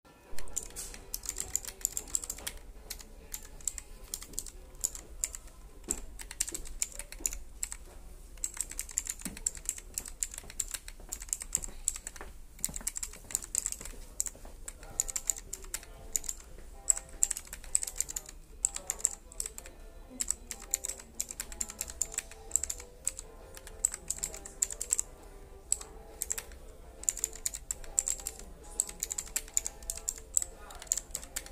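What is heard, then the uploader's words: Keyboard typing runs throughout, a dense, irregular patter of crisp key clicks with bright, sharp tops. The rhythm stays quick and uneven for the whole stretch, with occasional heavier strokes, over a faint low hum. Ufa KeebMeet 2019 Sequira typing demo 210 CPM.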